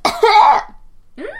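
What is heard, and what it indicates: A single harsh, voiced cough from an adult lasting about half a second, followed by a brief pause and the start of a voice. An ordinary cough, indoors.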